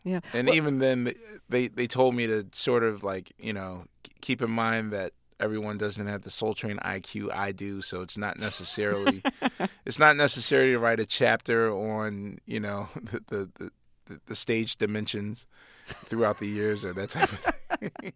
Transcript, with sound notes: And even then they told me to sort of like, you know, keep in mind that everyone doesn't have the "Soul Train" IQ I do, so it's not necessarily...
(LAUGHTER)
It's not necessary to write a chapter on, you know, the stage dimensions throughout the years or that type of